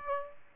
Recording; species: mosquito wingbeat signal from an infrared sensor; Aedes aegypti